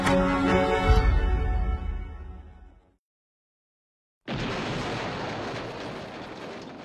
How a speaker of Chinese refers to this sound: 爆炸声惊动了正在享受毒品的梁龙，梁龙拿起桌上的手枪，带人冲出屋外。